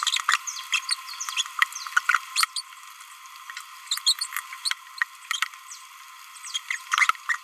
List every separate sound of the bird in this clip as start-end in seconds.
0.29-0.36, 0.48-0.49, 0.72-0.79, 0.88-0.96, 2.09-2.17, 2.36-2.45, 2.56-2.61, 3.92-3.98, 4.07-4.13, 4.19-4.26, 4.65-4.73, 6.92-7.11, 7.29-7.36